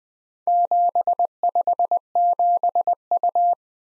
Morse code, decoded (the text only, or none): 757U